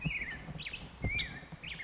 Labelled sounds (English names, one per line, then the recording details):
Black-headed Grosbeak
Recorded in Sonoma County, California